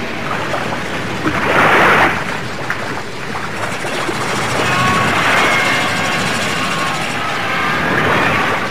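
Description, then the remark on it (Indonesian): Loud, roaring surf with huge, mountain-high ocean waves crashing in repeated surges, each swell building into a heavy rush of churning water before easing back, with no voices. “ombak setinggi gunung itu”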